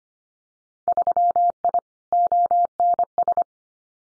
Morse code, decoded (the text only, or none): 3I ONS